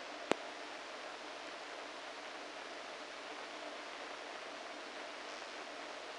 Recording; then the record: brain microelectrode recording played as sound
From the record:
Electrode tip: inside the subthalamic nucleus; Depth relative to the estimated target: -2 mm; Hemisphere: right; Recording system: NeuroSet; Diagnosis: Parkinson's disease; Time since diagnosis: 14 years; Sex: male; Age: 51 years